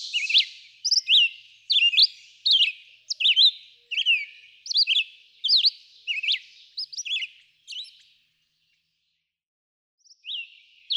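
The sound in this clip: Red-eyed vireo singing brief whistled phrases in rapid sequence, then a pause of about two seconds before more phrases.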